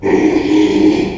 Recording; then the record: squeal of a Yucatan mini pig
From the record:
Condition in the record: after surgery on the right vocal fold (resection and tissue-engineered implant); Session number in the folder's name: 2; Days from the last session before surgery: 13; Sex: male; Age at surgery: 12 weeks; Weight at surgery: 13 kg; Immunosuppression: cyclosporine, prednisolone